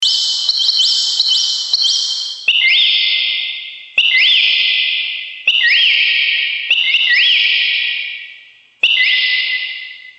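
Bird calls: loud whistled notes that sweep sharply up and then ease down, given in quick clusters and repeated every one to two seconds, with no other sounds.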